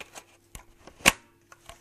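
The bottom section of the barrel on a G3C6 airsoft rifle is slid onto the upper barrel part and pushed until it clicks into place. A few light plastic taps and rattles come first, then a sharp, loud click at 1.1 s, followed by a couple of softer knocks. The barrel section is seated.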